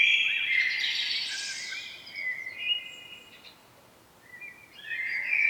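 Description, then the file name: Common blackbird song: a squeaky, scratchy twitter first, then a lower fluted warble, a pause, and a fresh whistled phrase beginning. "Turdus merula"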